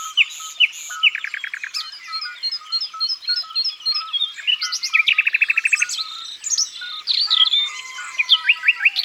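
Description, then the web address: Common nightingale delivering varied phrases: short trills of rapid identical notes, chirps and whistled slurs, switching style every second or two. "Rossignol philomele. abc de la nature"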